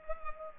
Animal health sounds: mosquito wingbeat signal from an infrared sensor; Culex pipiens

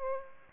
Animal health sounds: mosquito wingbeat signal from an infrared sensor; Aedes aegypti

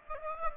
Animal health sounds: mosquito wingbeat signal from an infrared sensor; Aedes aegypti

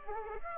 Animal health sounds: mosquito wingbeat signal from an infrared sensor; Aedes aegypti

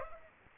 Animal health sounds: mosquito wingbeat signal from an infrared sensor; Aedes aegypti

